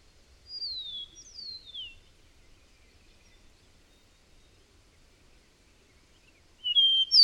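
Bird song: two high, downslurred whistles, a long quiet pause, then a loud burst of sharp whistled notes at the end.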